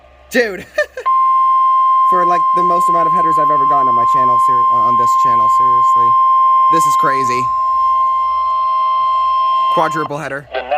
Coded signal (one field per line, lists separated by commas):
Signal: Emergency Alert System (SAME) tones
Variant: 1050 Hz attention tone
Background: speech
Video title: EAS Alerts as of 6/8/22 (EAS #116-139)